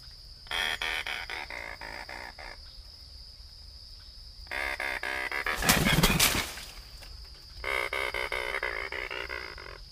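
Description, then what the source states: Anhinga clicking chatter in three bursts. A loud, brief noise burst comes between the second and third, with a steady high hum throughout. 20 April 2008.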